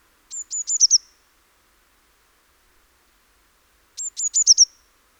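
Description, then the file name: Eurasian blue tit singing twice: high, thin whistled notes accelerating into a short trill, phrases about three and a half seconds apart, otherwise quiet. "Cyanistes caeruleus"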